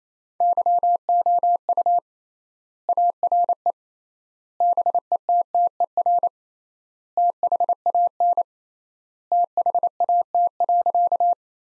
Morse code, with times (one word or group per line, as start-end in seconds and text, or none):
0.4-2.0 YOU
2.9-3.7 ARE
4.6-6.3 BETTER
7.2-8.4 THAN
9.3-11.3 THAT.